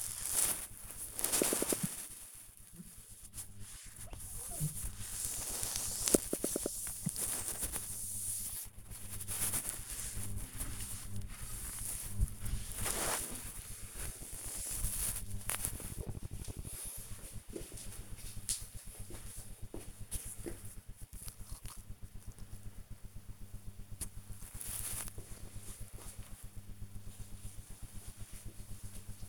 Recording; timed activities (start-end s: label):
household activities, microphone on the right wrist
0.00-14.61 s: window cleaning